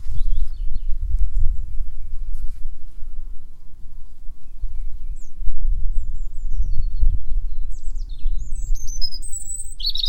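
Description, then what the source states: European Robin singing scattered high, thin trilled and sliding notes that grow busier toward the end, with strong low background noise throughout. Singing while defending his patch among fields and hedgerows.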